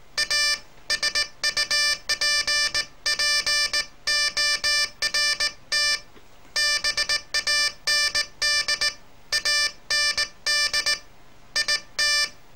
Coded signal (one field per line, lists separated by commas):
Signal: Morse code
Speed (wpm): 18 wpm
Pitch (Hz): 1750 Hz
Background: none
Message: A SUPPORT BAND AND IT